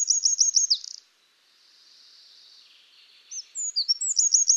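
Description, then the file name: Eurasian wren: one high trilled phrase ends, a quiet stretch follows, then thin sweet notes start another rapid trill. "Troglodytes troglodytes"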